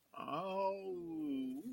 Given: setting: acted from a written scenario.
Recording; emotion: vocal sound without words; romantic love